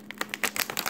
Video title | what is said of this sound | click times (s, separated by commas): Its sometimes nice to be ready with advice. | You hear it click? Click. | 0.2 s, 0.3 s, 0.4 s, 0.6 s, 0.8 s, 0.9 s